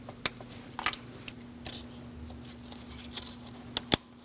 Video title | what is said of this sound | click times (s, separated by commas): How to Replace Ignition Coils 2006-2011 Chevrolet HHR 2.4L L4 | Make sure you hear that click. | 3.9 s